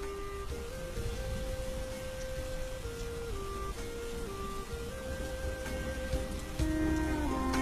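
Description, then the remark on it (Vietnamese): Heavy rain pours steadily in a forest, a constant dense hiss, with a soft sustained melody of held notes drifting over it and growing slightly louder near the end. “Sau mấy ngày mưa rừng tầm tã, trời cũng dần dần tạnh lại.”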